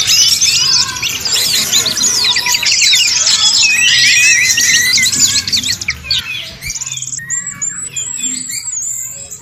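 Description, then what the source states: Birds chirping in rapid repeated bursts, busy at first, then thinning to scattered high whistled notes and brief twitters near the end. Chirping birdsong recording made for training and tutoring favourite pet birds.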